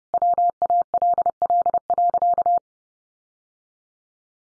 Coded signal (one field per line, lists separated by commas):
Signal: Morse code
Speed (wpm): 30 wpm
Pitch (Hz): 700 Hz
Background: none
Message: WALL.